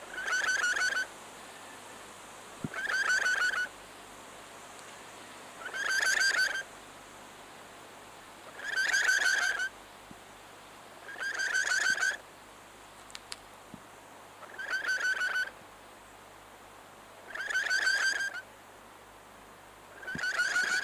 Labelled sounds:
Yellow-bibbed Lory (Lorius chlorocercus) call
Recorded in captivity
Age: adult
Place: Tierpark Berlin, Berlin, DE
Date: 2004-09-14 18:40
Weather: sonnig, 20°C
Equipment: Sony WM-D6C, Sennheiser ME 80, Kopie Uher 4000 Report Monitor
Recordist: Tembrock, Günter

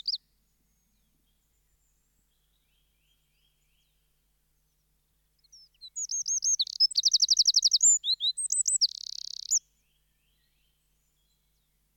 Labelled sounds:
Eurasian Wren (Troglodytes troglodytes) song
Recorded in the wild
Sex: male
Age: adult
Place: Kaiserslautern, Rheinland-Pfalz, DE
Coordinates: 49.4372, 7.80972
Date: 1978-04-01
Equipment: Nagra IV, Sennheiser MKH 405, Parabolreflektor
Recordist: Tretzel, Erwin

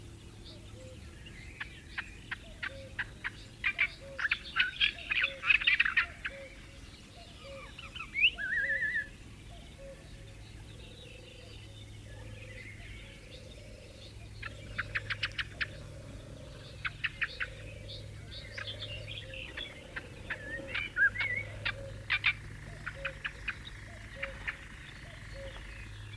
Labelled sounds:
Olive-tree Warbler (Hippolais olivetorum)
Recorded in the wild
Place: Ljubimez, Khaskovo, BG
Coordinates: 41.847, 26.086
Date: 1974-05-30 19:45
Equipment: Nagra III BH, Sennheiser MD 21, parabola
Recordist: Schubert, Michael

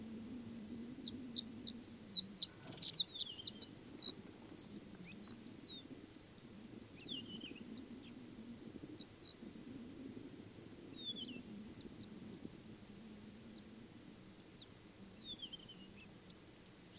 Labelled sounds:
Horned Lark (Eremophila alpestris) song
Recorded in the wild
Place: Wüste Gobi, MN
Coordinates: 42.795, 105.032
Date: 1979-06-04
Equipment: Nagra III BH, Sennheiser MD 21, parabola
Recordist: Schubert, Michael
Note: Bodengesang Ohrenlerche

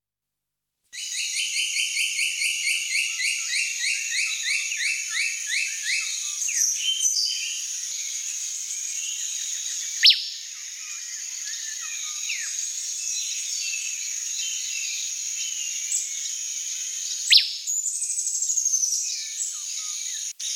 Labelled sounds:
Riverside Wren (Cantorchilus semibadius) song
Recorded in the wild
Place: Quepos / Manuel Antonio Nationalpark, CR
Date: 1992-04-21
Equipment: Dat-Recorder Casio DA 7, Telinga DAT, Telinga-Parabolspiegel
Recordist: Schwarz, Dieter

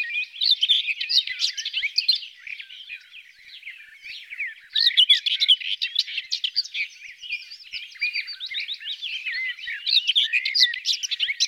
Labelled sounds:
Common Whitethroat (Sylvia communis) song
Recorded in the wild
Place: Ahlenmoor, Schleswig-Holstein, DE
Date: 1982-05-31
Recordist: Schwarz, Dieter

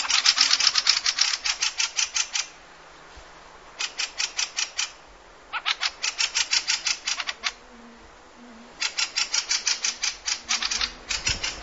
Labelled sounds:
Fieldfare (Turdus pilaris) alarm call
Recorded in the wild
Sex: pair
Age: adult
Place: Halbinsel Kindo, Karelien, RU
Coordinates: 66.5481, 33.1189
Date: 1995-06-20 23:32
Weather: fair, 15°C
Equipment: Sony TCD-D3, Sennheiser MKH 70, Windkorb
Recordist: Frommolt, Karl-Heinz
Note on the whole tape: Quartal 25: Paar - Warnen in Nestnähe. Beobachter war 6 m vom Nest entfernt. Entfernung zu den Tieren minimal 3 m. Tiere gesehen. Topaufnahme

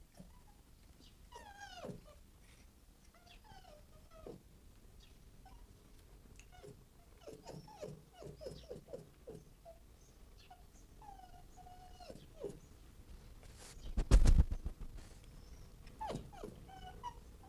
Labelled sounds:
Red Fox (Vulpes vulpes)
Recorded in captivity
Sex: male
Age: adult
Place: Zoologisches Institut der HUB, Berlin, DE
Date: 1959-05-08 11:00
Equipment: 19 cm Vollspur
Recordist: Tembrock, Günter
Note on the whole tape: Rüde Jean: Muffen mit Fleisch, läuft dabei umher. Kleine Freianlage im Zoologischen Institut der HUB, Abstand ca. 1 bis 2 m

